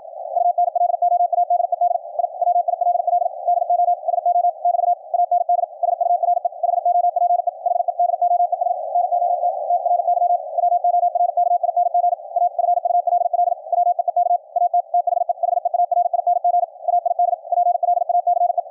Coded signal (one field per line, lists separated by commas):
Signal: Morse code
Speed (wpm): 51 wpm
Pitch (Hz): 700 Hz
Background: radio noise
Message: UNLOADED I WILL DO SO <BT> AND SURE HOPE HE DOES NOT TRY WORKING A FULL WEEK AT THE HEARING AID PLACE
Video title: QRQ CW NET on 40 meters - recorded LIVE from an Elecraft K3S on 10-12-2019